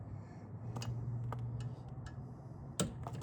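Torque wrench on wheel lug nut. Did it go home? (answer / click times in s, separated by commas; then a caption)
yes / 2.8 s. A click-type torque wrench tightens another lug nut on a second-gen Fit wheel fitted to an EP3. A steady low hum runs under a few faint ticks near 0.8, 1.3 and 3.1 seconds. At 2.8 s the wrench gives a loud, sharp click as it reaches its setting, confirming the nut is torqued.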